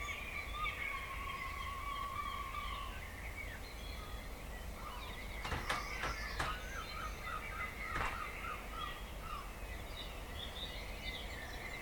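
A dawn chorus of birds: overlapping chirps and warbling song run through the whole clip, with a steady whistled line early on and a busy scatter of higher calls. Several sharp clicks or snaps cut in around six and eight seconds over a constant low rumble.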